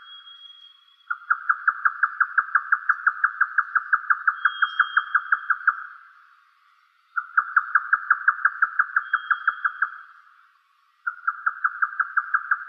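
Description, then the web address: Grey nightjar giving three long bursts of fast, evenly spaced chucking notes separated by brief gaps, with a faint high whining tone drifting in and out. "yotaka"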